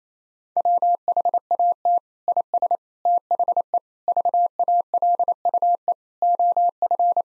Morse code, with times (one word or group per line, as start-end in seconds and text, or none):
0.6-2.0 WHAT
2.3-2.8 IS
3.1-3.8 THE
4.1-5.9 VALUE
6.2-7.2 OF